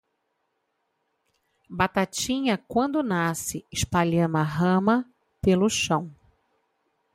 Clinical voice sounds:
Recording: short text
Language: Brazilian Portuguese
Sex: female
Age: 40 to 49 years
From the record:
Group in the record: control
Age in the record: 47 years

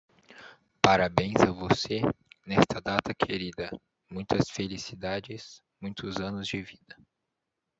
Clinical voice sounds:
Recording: short text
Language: Brazilian Portuguese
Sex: male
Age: 18 to 19 years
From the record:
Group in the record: control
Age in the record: 18 years

